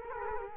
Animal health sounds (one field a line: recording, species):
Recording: mosquito wingbeat signal from an infrared sensor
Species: Culex quinquefasciatus